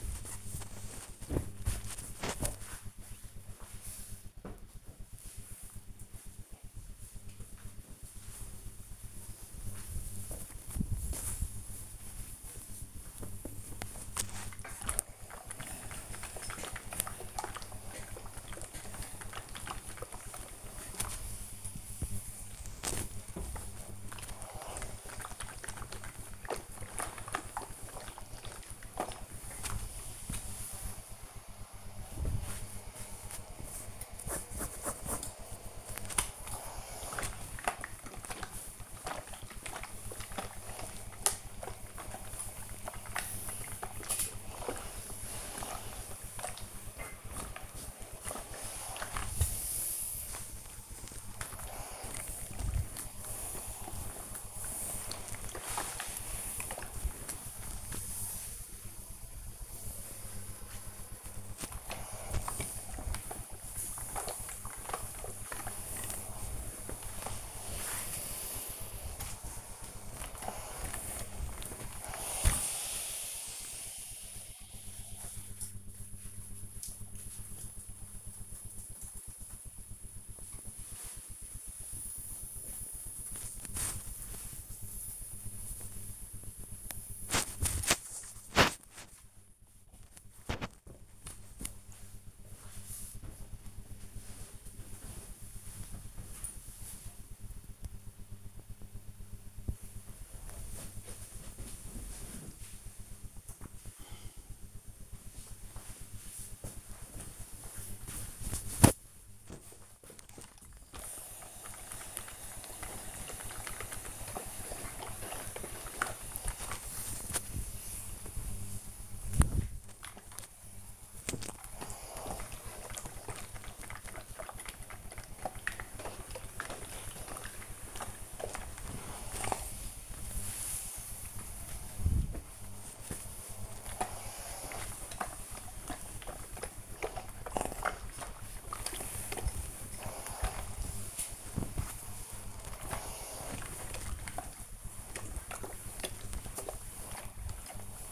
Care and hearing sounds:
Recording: household activities, microphone on the right wrist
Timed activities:
0.00-4.02 s: folding laundry
7.04-74.30 s: ironing laundry
80.33-93.38 s: folding laundry
104.41-148.12 s: ironing laundry

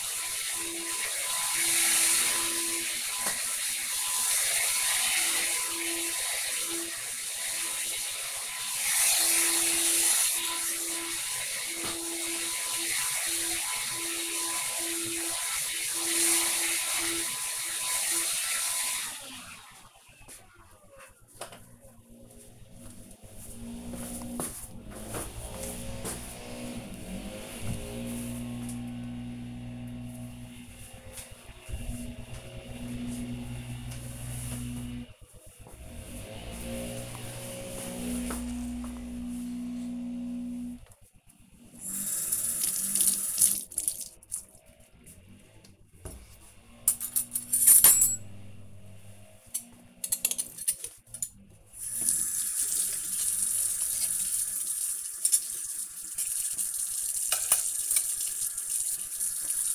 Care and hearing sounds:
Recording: household activities, microphone on the right wrist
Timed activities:
0.00-18.75 s: vacuum cleaning
39.90-59.75 s: washing dishes

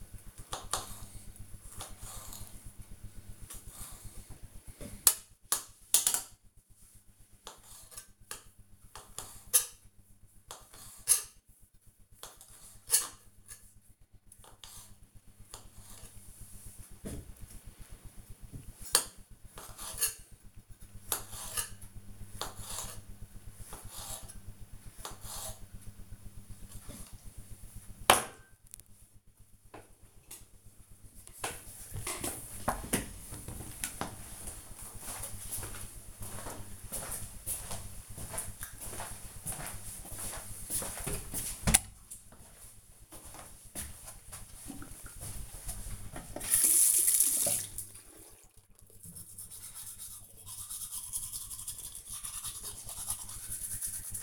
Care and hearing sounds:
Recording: household activities, microphone on the right wrist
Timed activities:
0.00-27.38 s: cutting vegetables
45.54-54.22 s: brushing teeth

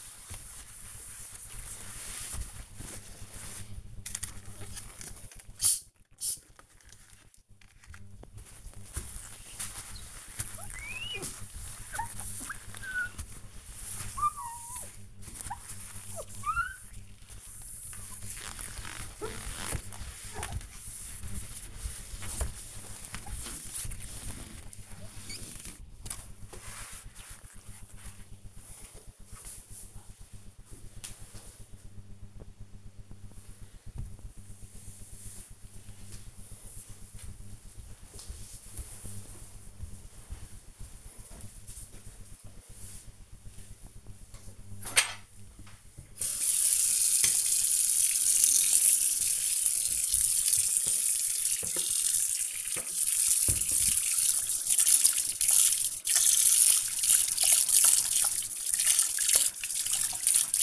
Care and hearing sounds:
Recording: household activities, microphone on the right wrist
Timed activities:
0.00-25.41 s: window cleaning
43.56-60.62 s: washing dishes

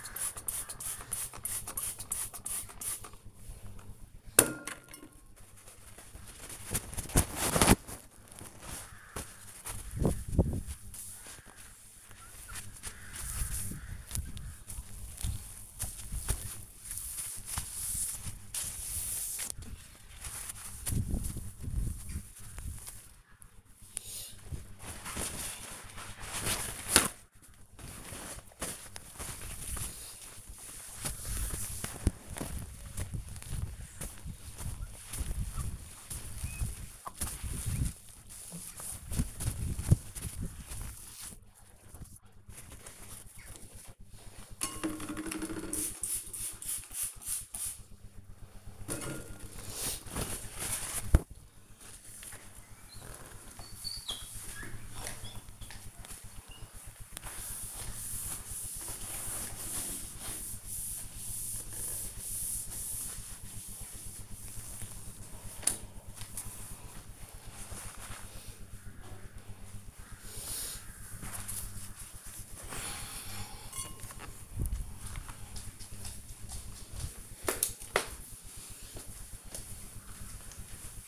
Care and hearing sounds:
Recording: household activities, microphone on the right wrist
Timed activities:
0.00-68.78 s: window cleaning

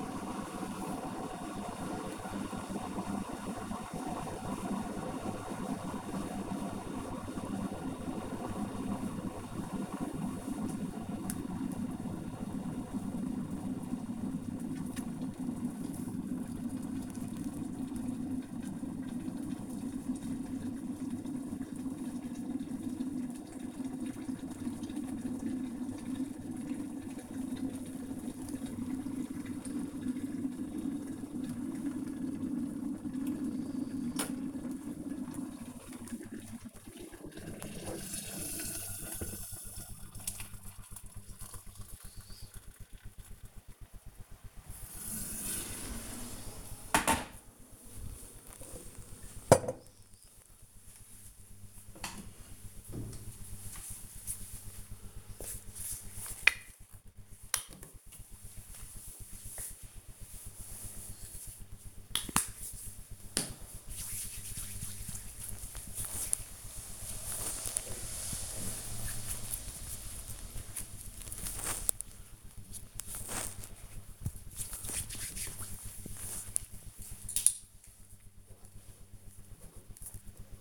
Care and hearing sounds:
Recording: household activities, microphone on the right wrist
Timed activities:
0.00-46.26 s: making tea
57.35-74.47 s: cream hands

